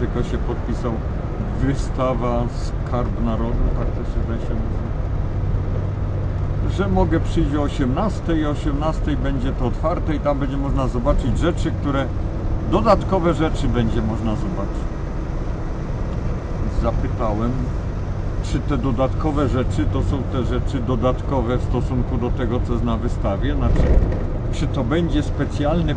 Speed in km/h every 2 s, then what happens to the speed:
63, 59, 57, 59, 58, 55, 54, 55, 56, 57, 54, 53, 52.
0-3 slows to 57. 3-26 steady at about 55.